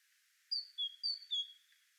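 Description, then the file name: Great tit whistling two pairs of high notes, each pair dropping from higher to lower, against a faint steady hiss. "Parus major"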